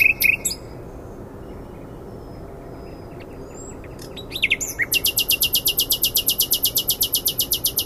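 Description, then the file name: Common nightingale song: brief chirps, a pause, then a long very high, rapid buzzing rattle repeated steadily, over constant low background hiss. "Luscinia megarhynchos"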